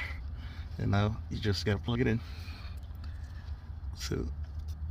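Someone talks while handling an oxygen sensor wiring plug about to be pushed into its mating harness connector on a 2009 Mercedes W164 ML350 4MATIC, during work on the upstream and downstream bank 1 and bank 2 O2 sensors. Only soft handling noises are heard under the talk, and the connector has not yet clicked or seated by the end of the clip.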